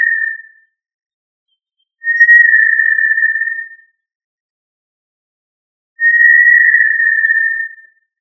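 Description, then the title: Tinamou calling with clear, steady whistles held at one pitch, three notes separated by pauses of one to two seconds in silence. "Familia Tinamidae - Quail - Puyuh"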